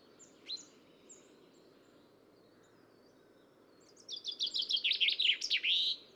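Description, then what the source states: Common chaffinch song: a quick run of bright, repeated notes that ends in a short flourish, after two faint high notes at the start. Recorded in Copenhagen.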